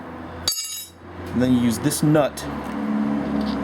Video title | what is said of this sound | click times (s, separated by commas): 1970 Mustang Mach 1 power steering pump replacement | Locks in place like so, | 0.5 s